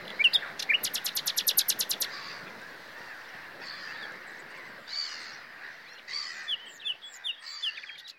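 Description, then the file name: Common nightingale song: a rapid train of hard, repeated clicking notes, then scattered varied chirps and buzzy phrases, against constant hiss. "Luscinia megarhynchos"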